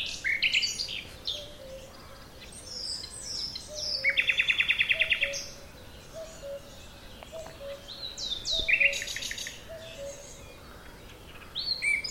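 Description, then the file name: Common nightingale song with rapid chirps, a strong rattling trill near four seconds and another near nine, over a low soft note repeating at intervals. "Luscinia megarhynchos"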